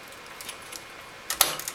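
A RAM stick is pressed straight down into a motherboard DIMM slot until the plastic retention tabs on both sides snap closed. Faint scuffs and ticks come first, then two sharp clicks at 1.3 s and 1.4 s, followed by a few lighter ticks. The module is seated.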